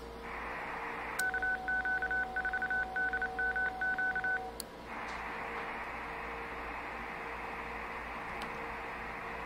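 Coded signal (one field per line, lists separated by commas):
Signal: HF data modem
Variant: VARA HF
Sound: wide rushing data hiss, a middle stretch of on-off keyed beeping tone, then hiss again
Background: steady low hum tones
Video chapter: 4:05 - Connecting to a station using VARA HF (through a dummy load)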